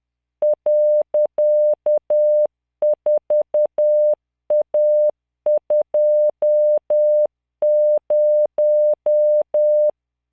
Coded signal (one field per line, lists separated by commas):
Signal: Morse code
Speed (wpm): 10 wpm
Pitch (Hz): 600 Hz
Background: none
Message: .4A20